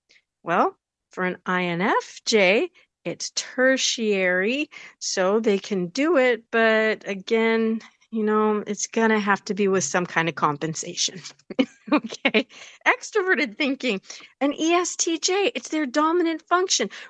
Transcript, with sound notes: Well, for an INFJ, it's tertiary, so they can do it, but again, you know, it's gonna have to be with some kinda compensation. (laughs) Okay. Extroverted thinking, an ESTJ, it's their dominant function.